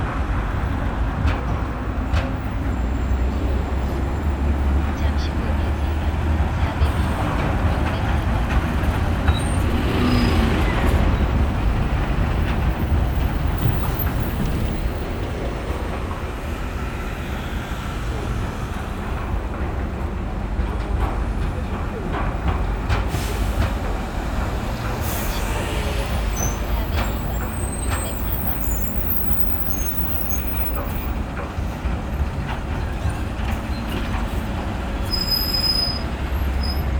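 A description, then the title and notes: Steady low rumble of vehicles fills the recording at a bus station, with engine drone dense below and a constant wash of noise above. Brief brighter clatters and swells come and go, stronger around ten and twenty-five seconds, with faint high beeps near the end. Seoul Bus Station.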